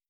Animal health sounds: hydrophone in a shrimp aquaculture tank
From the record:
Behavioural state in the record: starved

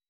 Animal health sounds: hydrophone in a shrimp aquaculture tank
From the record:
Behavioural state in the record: weakened

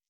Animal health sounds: hydrophone in a shrimp aquaculture tank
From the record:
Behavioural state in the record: stressed

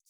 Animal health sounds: hydrophone in a shrimp aquaculture tank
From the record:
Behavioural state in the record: feeding

